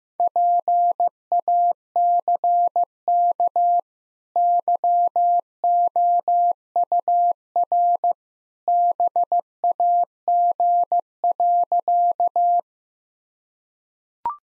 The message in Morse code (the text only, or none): PACK YOUR BAG.